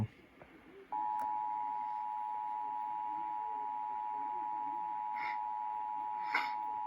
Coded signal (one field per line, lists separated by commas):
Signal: Emergency Alert System (SAME) tones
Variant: 853 and 960 Hz attention tone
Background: speech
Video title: EAS 808 - Relaying WCBS RMT on WJON